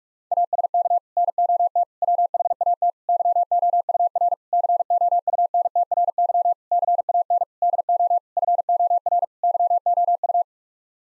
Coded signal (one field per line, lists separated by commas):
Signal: Morse code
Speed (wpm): 46 wpm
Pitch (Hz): 700 Hz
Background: none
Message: ASK NOT WHAT YOUR COUNTRY CAN DO FOR YOU